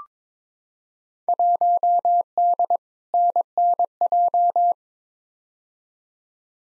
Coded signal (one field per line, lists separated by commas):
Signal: Morse code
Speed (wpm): 22 wpm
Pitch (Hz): 700 Hz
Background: none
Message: 1D NNJ